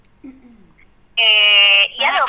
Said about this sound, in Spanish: Me está llegando un mensaje por WhatsApp.